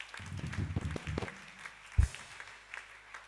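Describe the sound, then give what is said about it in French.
An audience at a Sunday church service applauds in encouragement in a short, fairly quiet burst of scattered claps that dies away after about a second, followed by a single low thump and near silence. “Nous pouvons encore une fois les encourager avec les applaudissements.”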